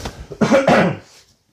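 Two quick, harsh, voiced coughs in close succession from an adult man in a small room; an ordinary cough from someone who has been coughing on and off throughout the day.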